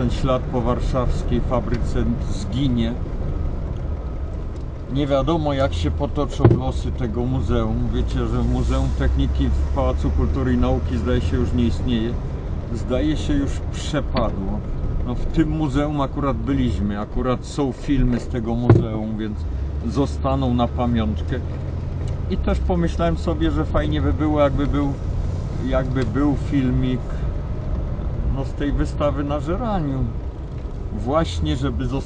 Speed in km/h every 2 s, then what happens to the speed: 41, 36, 25, 20, 26, 32, 36, 29, 13, 5, 11, 13, 14, 15, 18, 14.
1-5 brakes to 20. 7-11 speeds up to 36. 13-17 brakes to 5.